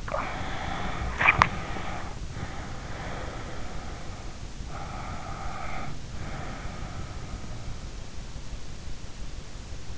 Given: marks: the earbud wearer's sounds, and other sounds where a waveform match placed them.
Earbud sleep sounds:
sounds in sleep by an in-ear microphone; breath, swallowing
0.00-4.56 s: breath
1.17-1.67 s: swallowing
4.83-7.82 s: breath

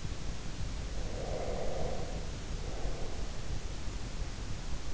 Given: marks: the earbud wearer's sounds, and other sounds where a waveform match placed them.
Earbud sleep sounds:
sounds in sleep by an in-ear microphone; breath
0.99-3.52 s: breath

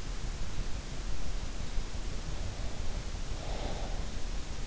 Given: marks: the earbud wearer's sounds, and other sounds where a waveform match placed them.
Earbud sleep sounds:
sounds in sleep by an in-ear microphone; breath
1.09-4.67 s: breath

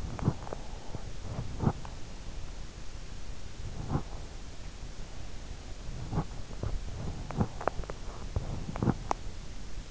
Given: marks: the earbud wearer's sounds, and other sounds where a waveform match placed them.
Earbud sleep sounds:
sounds in sleep by an in-ear microphone; breath
0.00-0.90 s: breath

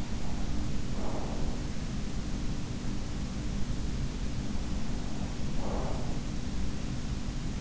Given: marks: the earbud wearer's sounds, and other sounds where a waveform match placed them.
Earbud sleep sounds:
sounds in sleep by an in-ear microphone; breath
0.00-2.27 s: breath
4.75-6.46 s: breath

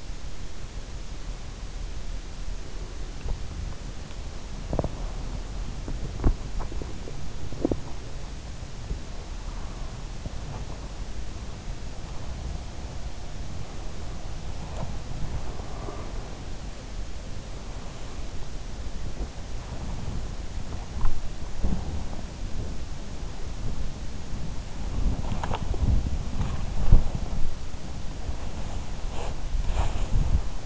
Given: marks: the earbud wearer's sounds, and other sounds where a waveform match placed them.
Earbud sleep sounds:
sounds in sleep by an in-ear microphone; body movement
0.00-30.66 s: body movement

